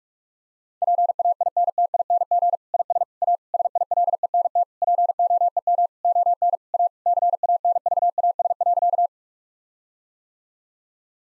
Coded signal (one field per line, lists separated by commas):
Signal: Morse code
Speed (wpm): 41 wpm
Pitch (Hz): 700 Hz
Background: none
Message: PAINTING IS A SILENT POEM ON A CANVAS.